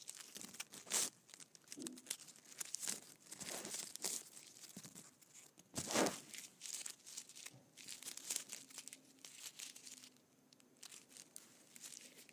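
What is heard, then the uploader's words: Candy wrappers crinkle and crackle almost without pause, a dense run of sharp, bright rustles that rise and fall in bursts. The loudest crunch comes around the six-second mark, and a faint low hum sits underneath toward the end. ASMR Candy Wrappers.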